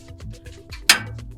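A metal IO shield is pressed into the rear opening of a PC case, with faint taps and rustles before one sharp, bright metallic snap at 0.9 s as it pops in and seats. A few softer clicks follow.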